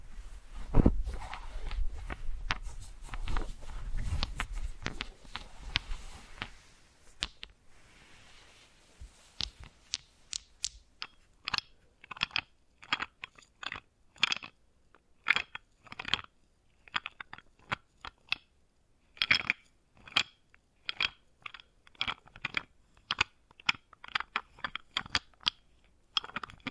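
Wooden balls clack and knock together. The first seven seconds are a dense, rumbling jumble of rolling contacts with a low thud underneath, then the sound thins into separate sharp, bright clicks and taps arriving irregularly, a few each second, until the end.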